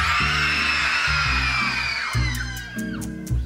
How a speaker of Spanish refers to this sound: Se oían gritos. ¡Qué gritos de porquería!